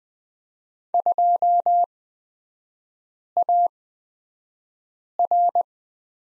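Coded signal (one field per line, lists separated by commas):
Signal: Morse code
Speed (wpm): 20 wpm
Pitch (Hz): 700 Hz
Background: none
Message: 2AR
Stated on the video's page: Morse course lesson drilling letter X in three-character groups, Farnsworth spacing at 20/10 wpm.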